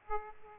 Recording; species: mosquito wingbeat signal from an infrared sensor; Aedes aegypti